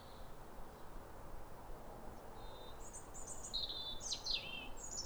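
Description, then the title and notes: European robin song: after a quiet start, a cluster of high trilled and sliding notes tumbles out near the end, set against faint steady background noise. Pair of robins in neighbouring gardens singing a duet at a clear, calm, rosy New Year sunrise in winter, after weeks of rain; recorded by Fergus Collins. "Sound Escape 150: Be uplifted by a chorus of New Year's robins. A pair of robins in neighbouring gardens welcome the early sun with wistful phrases as if chatting over the fence. It's a duet to warm the soul in the depths of winter. Recorded by Fergus Collins"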